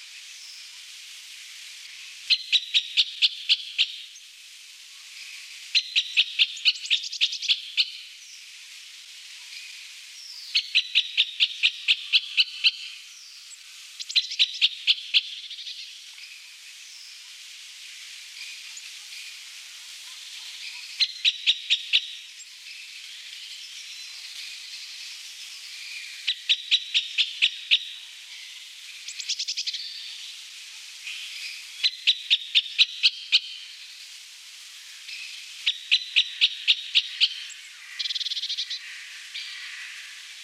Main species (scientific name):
Dendrocopos medius